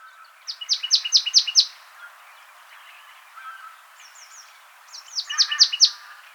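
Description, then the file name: Marsh tit calls: two bursts of five or six sharp, high notes, separated by softer scattered notes. "Poecile palustris"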